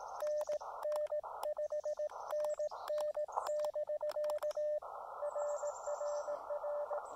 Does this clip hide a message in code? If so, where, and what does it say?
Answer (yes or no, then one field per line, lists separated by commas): yes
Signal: Morse code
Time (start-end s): 0.2-7.0 s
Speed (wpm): 18 wpm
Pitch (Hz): 590 Hz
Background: radio noise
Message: NN 5NN <BK> RRR